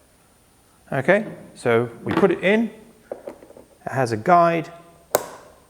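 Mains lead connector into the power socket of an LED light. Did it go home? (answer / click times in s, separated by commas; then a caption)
yes / 5.2 s. A mains lead plug is guided into the power socket on an LED light and pushed in until it clicks into place, seating with a sharp click at 5.1 s. Someone talks throughout, and faint small taps come a little after 3 s.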